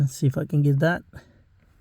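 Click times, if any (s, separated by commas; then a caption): none. Someone talks briefly while working under a car seat, getting ready to push a part of the seat assembly into place by hand. After the talking stops, only faint, quiet handling noises follow. Nothing has seated or clicked yet.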